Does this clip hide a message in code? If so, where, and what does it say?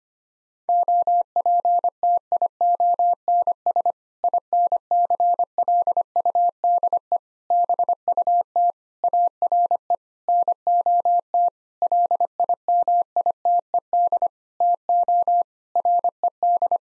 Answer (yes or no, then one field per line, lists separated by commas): yes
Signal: Morse code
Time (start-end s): 0.7-16.8 s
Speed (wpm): 25 wpm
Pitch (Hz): 700 Hz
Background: none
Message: OPTIONS INCLUDE BUT ARE NOT LIMITED TO RED